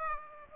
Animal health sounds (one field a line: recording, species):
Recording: mosquito wingbeat signal from an infrared sensor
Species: Aedes aegypti